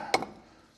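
A metal grease cap is tapped onto the rotor hub of a vintage Cadillac. A sharp metallic tap lands at 0.1 s, followed by a quieter second tap at 0.2 s, and then the sound fades to low background. The cap is seated home at 0.1 s.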